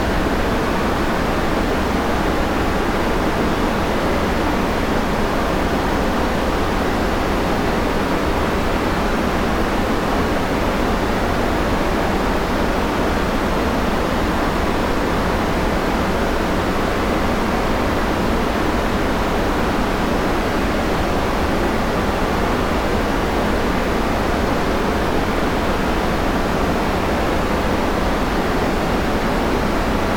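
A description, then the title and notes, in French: White noise hisses steadily for the full thirty seconds, an even, dense wash with no breaks or events. The sound is soft and airy up top with a faint low hum underneath, near the bottom, and the level never changes. Bruit Blanc Pur.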